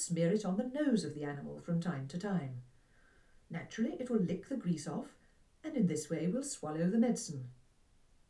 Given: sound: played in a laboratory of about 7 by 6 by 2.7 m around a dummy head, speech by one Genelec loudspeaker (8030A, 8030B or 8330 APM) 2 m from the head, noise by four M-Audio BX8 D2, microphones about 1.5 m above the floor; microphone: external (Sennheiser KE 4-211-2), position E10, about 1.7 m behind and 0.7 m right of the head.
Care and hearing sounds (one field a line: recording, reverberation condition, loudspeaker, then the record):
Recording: female speech in English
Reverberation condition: low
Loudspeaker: 60 degrees to the right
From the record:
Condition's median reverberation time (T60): about 310 ms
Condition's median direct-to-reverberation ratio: about 3.5 dB